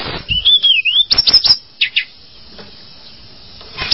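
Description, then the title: Java sparrow gives a wavering whistled note and a few clicks, then falls mostly silent. "kicau gelatik"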